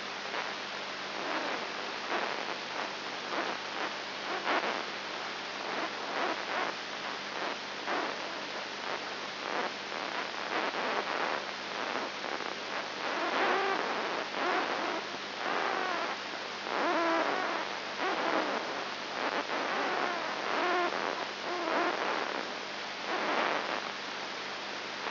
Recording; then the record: brain microelectrode recording played as sound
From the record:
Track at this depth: inside the subthalamic nucleus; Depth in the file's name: 2.304 mm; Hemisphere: left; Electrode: 3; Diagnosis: Parkinson's disease